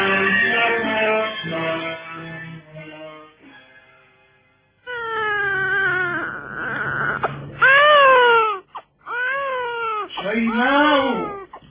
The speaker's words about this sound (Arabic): يبكي جوعا، فنادي حليمة